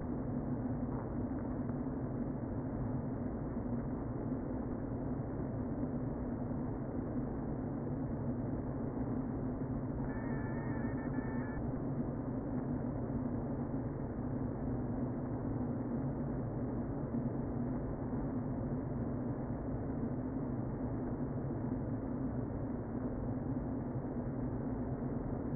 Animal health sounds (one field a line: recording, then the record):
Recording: honeybee colony, microphone inside the hive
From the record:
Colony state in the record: queen present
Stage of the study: before two queens were removed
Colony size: about 60,000 bees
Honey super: yes